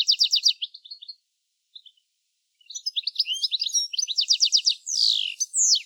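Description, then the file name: European goldfinch with a burst of quick chirps, a pause with a few soft notes, then a longer tinkling twitter ending in sweeping, downslurred high notes. "Carduelis carduelis"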